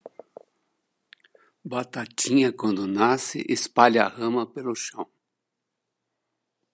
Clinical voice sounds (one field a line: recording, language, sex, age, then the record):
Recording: short text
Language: Brazilian Portuguese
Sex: male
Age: 70 to 79 years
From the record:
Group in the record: control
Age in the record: 73 years